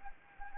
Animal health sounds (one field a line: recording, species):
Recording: mosquito wingbeat signal from an infrared sensor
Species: Anopheles gambiae